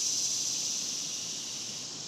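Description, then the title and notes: Cicadas singing, a steady, high-pitched, continuous buzzing hiss that holds without a break from start to end. Cicadas outdoors in the daytime, in a cemetery, in summer. "Ext, Daytime Cicadas, Cemetery, Summer by Bandeto"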